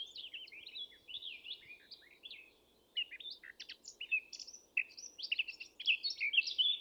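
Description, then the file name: Eurasian blackcap singing a busy, scratchy warble of quick chattering notes with a brief pause near three seconds, then louder, sharper phrases toward the end. "Sylvia atricapilla"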